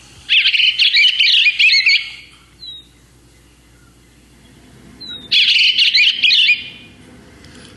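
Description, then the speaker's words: Eastern bluebird singing: two bubbly, warbling bursts of gurgling notes, each lasting over a second, separated by a quiet pause with faint thin notes. Bubbly song; species widespread in Vermont. "Let me see if I can get some more of the sort of the bubbly sound of the eastern bluebird."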